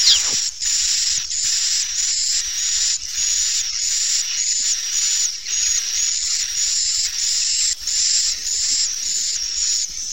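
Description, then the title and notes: Swiftlet chirps, high hissy notes in rapid repeated bursts, a continuous pulsing chatter. Used for swiftlet farming in Asia. "Swiflet Bird Sound. Farming Swiflet Bird asia sound"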